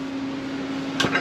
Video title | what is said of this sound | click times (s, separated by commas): Buying Our First RV! Our Walkthrough and Delivery of our New Sunset Trail 188BH! | locks into place yes folds it up and then see this just rotate rolls over and | 1.0 s